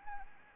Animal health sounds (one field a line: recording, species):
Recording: mosquito wingbeat signal from an infrared sensor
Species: Anopheles arabiensis